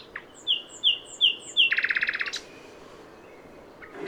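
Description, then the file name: Common nightingale song: four long level whistles, then a fast dry rattle of repeated notes and a sharp final note. "Luscinia megarhynchos"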